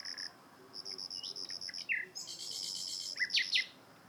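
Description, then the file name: Common nightingale song with a run of repeated pure piping notes, then a dense loud burst and sharp falling whistles, against constant background hiss. "Luscinia megarhynchos"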